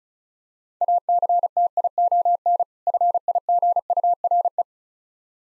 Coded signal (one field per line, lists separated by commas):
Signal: Morse code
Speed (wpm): 34 wpm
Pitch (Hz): 700 Hz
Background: none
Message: ACTION FIGURE